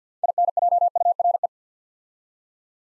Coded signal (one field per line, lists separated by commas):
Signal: Morse code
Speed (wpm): 50 wpm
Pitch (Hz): 700 Hz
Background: none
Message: INJURE